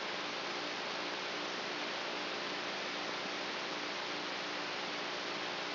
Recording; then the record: brain microelectrode recording played as sound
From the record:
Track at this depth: inside the subthalamic nucleus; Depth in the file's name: 2.205 mm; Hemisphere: right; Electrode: 3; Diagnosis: Parkinson's disease